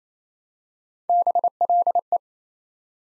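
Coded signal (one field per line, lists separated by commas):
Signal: Morse code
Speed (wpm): 27 wpm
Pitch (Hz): 700 Hz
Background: none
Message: BLE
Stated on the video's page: Morse code practice at 28 wpm, building 5-letter words one letter at a time.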